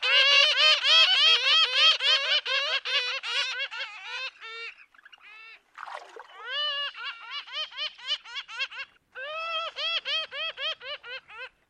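Bird giving rapid, harsh squawking calls, repeated about four times per second in long series, with a short break in the middle.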